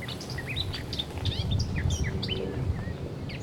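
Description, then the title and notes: Eurasian blackcap singing a fast, varied warble of rising and falling notes above a loud low rumble. Singing in a large maple beside a path in a garden, Aix-les-Bains, Savoie, France. "dans le Jardin Vagabond , les passants et le chant d'une fauvette à tête noire"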